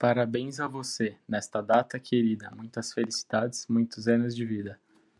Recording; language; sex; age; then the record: short text; Brazilian Portuguese; male; 20 to 29 years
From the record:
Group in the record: control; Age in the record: 20 years